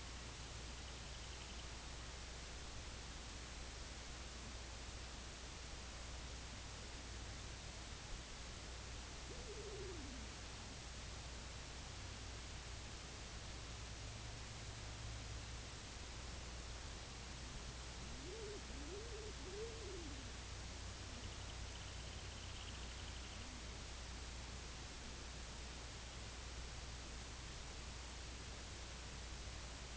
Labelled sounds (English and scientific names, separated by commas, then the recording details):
Semipalmated Sandpiper (Calidris pusilla), King Eider (Somateria spectabilis)
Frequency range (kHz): Semipalmated Sandpiper (Calidris pusilla) 2.3-4.0 kHz
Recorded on Arctic tundra, site IGLO-A, on 24 June 2018
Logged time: 23:59